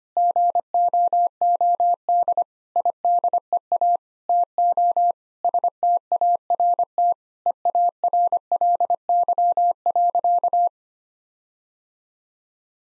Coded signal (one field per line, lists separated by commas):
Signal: Morse code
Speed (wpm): 25 wpm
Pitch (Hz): 700 Hz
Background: none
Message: GOOD IDEA TO START EARLY.